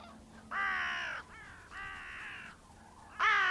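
Bird making two drawn, raspy caws a second apart and starting a louder third, with a faint call in between.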